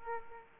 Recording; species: mosquito wingbeat signal from an infrared sensor; Aedes aegypti